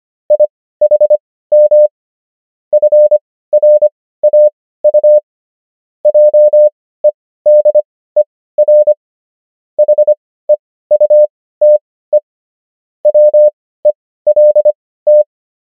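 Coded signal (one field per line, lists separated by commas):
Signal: Morse code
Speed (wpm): 25 wpm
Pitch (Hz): 600 Hz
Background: none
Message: IHM FRAU JEDER HEUTE WELT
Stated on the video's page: Morse practice of the 500 most common German words, Farnsworth spacing: 25 wpm characters, 16 wpm overall.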